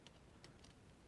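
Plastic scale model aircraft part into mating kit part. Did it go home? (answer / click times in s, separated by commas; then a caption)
no / none. Two injection-molded plastic parts of a 1/72 scale Arma Hobby Hayate aircraft kit are handled and dry-fitted, one part into its mating kit part. Faint light ticks are heard around 0.1 s and 0.5 s, but nothing has seated or clicked yet.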